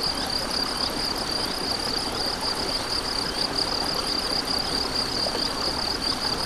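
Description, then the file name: Cricket song as an unbroken high pulsing trill, with occasional short downward chirps and a strong background of running stream water. Crickets with a stream, recorded 7 May 2014 on an MZ-N710 recorder. "MZ-N 710 Ruisseau et grillons 7 05 14"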